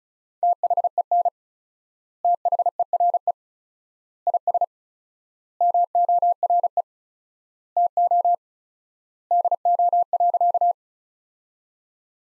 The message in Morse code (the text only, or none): THEN THERE IS MORE TO DO.